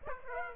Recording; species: mosquito wingbeat signal from an infrared sensor; Aedes aegypti